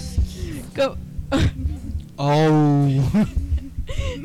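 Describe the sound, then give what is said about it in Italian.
A woman's short coughing fit: several rough, throaty bursts around a sustained, deep, gravelly vocal drone in the middle, then a few more harsh coughs trailing off. “gli è venuto un attacco di tosse, gli è venuta la voce baritonale.”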